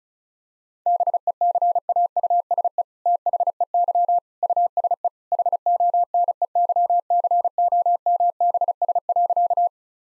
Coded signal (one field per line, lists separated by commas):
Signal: Morse code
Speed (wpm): 34 wpm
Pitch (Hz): 700 Hz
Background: none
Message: BECAUSE THEY USE HONEYCOMBS.